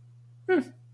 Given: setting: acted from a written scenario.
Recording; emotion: vocal sound without words; neutral